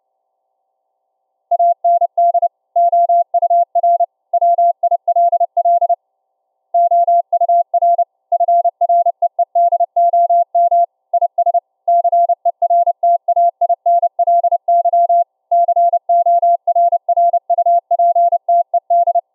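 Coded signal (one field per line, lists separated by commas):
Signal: Morse code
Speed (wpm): 29 wpm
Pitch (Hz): 690 Hz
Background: none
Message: AND OUR WILL OUR FREEDOM IS CERTAINLY CORRUPTED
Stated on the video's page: 2.6kHz CW from a Raspberry Pi headphone jack into a ferrite rod loop, received by laptop SDR on another loop and converted to 690Hz audio; through-the-earth test.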